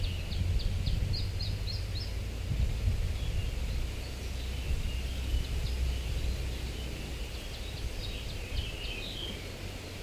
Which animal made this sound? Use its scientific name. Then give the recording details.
Phylloscopus ibericus. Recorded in the wild. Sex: diverse. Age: diverse. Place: Ramales de la Victoria, Nordspanien, Kantabrien, ES. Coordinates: 43.2333, -3.43333. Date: 1964-06-08 18:00. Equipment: Nagra III PH, Parabolspiegelmikrophon, LGS26. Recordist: Stumbrat